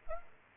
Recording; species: mosquito wingbeat signal from an infrared sensor; Culex pipiens